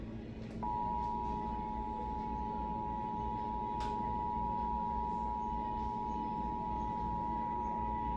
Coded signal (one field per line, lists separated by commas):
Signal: Emergency Alert System (SAME) tones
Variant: 853 and 960 Hz attention tone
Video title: EAS #469: Required Monthly Test - Indiana (5/16/2024) (WTTV)